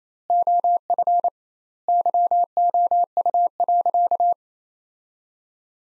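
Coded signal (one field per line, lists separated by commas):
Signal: Morse code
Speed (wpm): 28 wpm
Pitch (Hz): 700 Hz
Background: none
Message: OF YOU.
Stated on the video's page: Morse practice sentences from the top 200 words at 28 wpm with double standard word spacing, a Farnsworth-like method applied to words.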